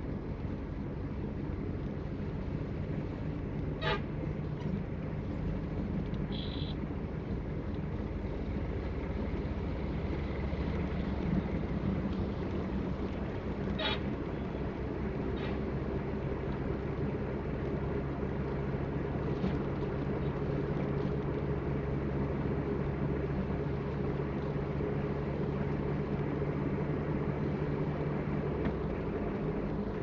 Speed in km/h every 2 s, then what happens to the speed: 31, 32, 34, 33, 37, 39, 42, 44, 45, 46, 46, 46, 47, 48, 47.
0-6 steady at about 32. 6-17 speeds up to 46. 17-30 steady at about 46.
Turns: none.